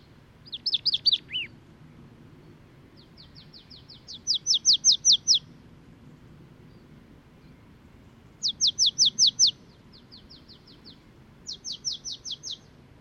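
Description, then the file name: Marsh tit calling in high, rapid runs of clipped notes, several separate bursts with a slurred note at the start and steady low background rumble. "Poecile palustris"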